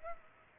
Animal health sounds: mosquito wingbeat signal from an infrared sensor; Culex pipiens

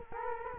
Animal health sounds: mosquito wingbeat signal from an infrared sensor; Culex quinquefasciatus

